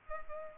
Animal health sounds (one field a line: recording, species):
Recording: mosquito wingbeat signal from an infrared sensor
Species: Culex pipiens